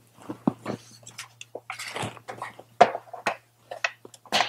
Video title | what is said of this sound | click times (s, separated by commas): VW 2.0T TSI Spark Plug DIY (How To) Install | We can put our engine cover back on and just pop down at each corner and we're all set. | 0.5 s, 1.7 s, 2.8 s, 3.9 s